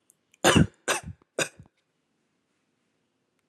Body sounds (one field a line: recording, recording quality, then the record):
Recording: shallow voluntary cough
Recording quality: excellent, no background noise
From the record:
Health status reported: healthy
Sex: male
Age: 20 years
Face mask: not worn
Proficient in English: yes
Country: India